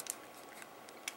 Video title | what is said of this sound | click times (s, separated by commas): Botcon 2014 Dread Pirate Crew Clone Wingspan | just going to pop these apart for right now and then take | 0.1 s, 1.1 s